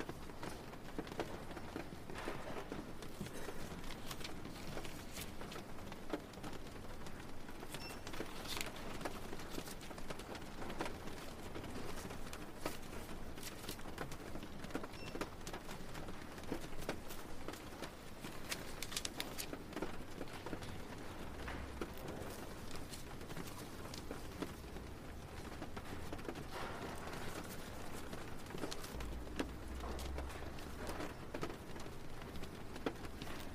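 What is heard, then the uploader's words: Steady rain falls throughout, a dense, even hiss filled with countless quick patters and ticks that never let up. The level holds constant from start to finish, with a low rumble underneath and occasional sharper taps standing out from the wash. Rainy Day at the Library. A cozy library on a rainy day.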